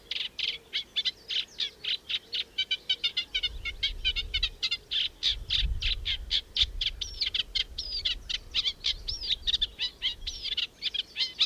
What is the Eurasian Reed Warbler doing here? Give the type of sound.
song